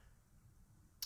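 On a Makita DJR183, the collar of the reciprocating saw's tool-free blade clamp is pulled and the metal blade ejects without being touched. Low, quiet noise is followed by one sharp click at 1.0 s as the blade is released.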